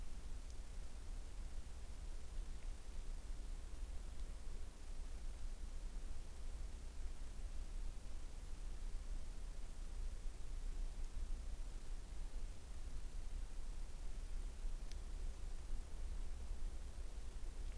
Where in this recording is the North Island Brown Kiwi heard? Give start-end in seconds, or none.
none